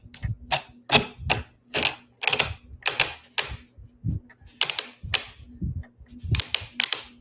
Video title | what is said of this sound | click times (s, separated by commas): Assembling a Loveseat from Amazon | That sound is that circle piece like clicking into place. | 1.3 s, 2.3 s, 2.9 s, 3.0 s, 3.4 s, 4.6 s